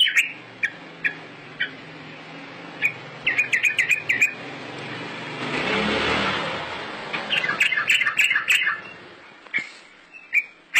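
Scattered high bird chirps and quick trills, while a car passes and briefly drowns them out midway.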